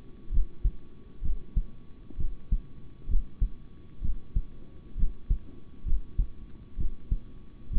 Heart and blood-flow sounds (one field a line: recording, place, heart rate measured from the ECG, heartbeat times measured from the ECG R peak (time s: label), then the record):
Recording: heart sounds by stethoscope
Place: between the tricuspid and mitral areas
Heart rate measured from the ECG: 65 bpm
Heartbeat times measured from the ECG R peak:
0.30 s: heartbeat
1.21 s: heartbeat
2.17 s: heartbeat
3.07 s: heartbeat
4.01 s: heartbeat
4.96 s: heartbeat
5.84 s: heartbeat
6.77 s: heartbeat
7.70 s: heartbeat
From the record:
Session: rest, sitting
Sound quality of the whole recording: good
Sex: male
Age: 26 years